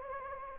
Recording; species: mosquito wingbeat signal from an infrared sensor; Anopheles gambiae